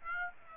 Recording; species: mosquito wingbeat signal from an infrared sensor; Aedes aegypti